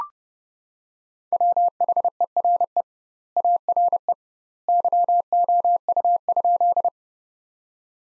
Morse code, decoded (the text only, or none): WHERE ARE YOU?